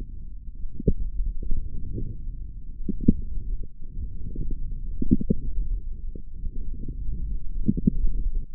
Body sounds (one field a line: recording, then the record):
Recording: forearm muscle sounds (acoustic myography)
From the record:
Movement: wrist flexion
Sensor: system 1, eight BSWA MPA416 microphones around the upper forearm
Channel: 5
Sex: male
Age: 18 years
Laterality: right